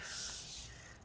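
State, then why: Not seated. While reassembling a 12-inch MacBook A1534 after a liquid spill, the small latches on an internal connector cover on the logic board are pushed back down. There is a soft, broadband hiss that peaks around 0.2 s and then fades. One side of the connector cover fails to latch, and nothing has clicked.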